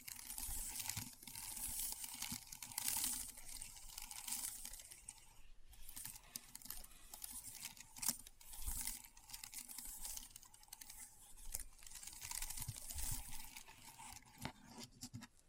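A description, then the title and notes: Keyboard sounds: a dense, steady clatter of quick key clicks with a bright, crisp edge, almost like patter. The typing runs without letup except for a brief lull near 5.5 seconds, with a few sharper, louder strikes standing out, one around 8 seconds. ASMR Keyboard Sounds (No Talking).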